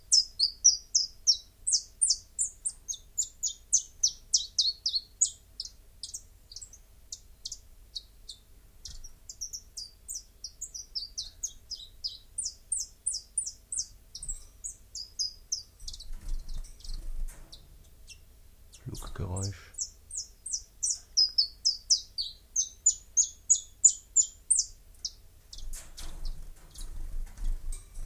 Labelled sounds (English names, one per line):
Common Chiffchaff song